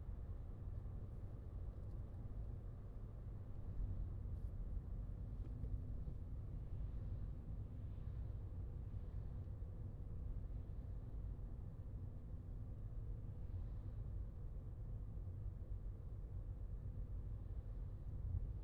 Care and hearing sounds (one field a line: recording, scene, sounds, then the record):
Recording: everyday scene through a hearing-aid microphone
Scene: in a vehicle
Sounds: engine, traffic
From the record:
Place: Skoda Fabia, gasoline engine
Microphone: in the ear canal, left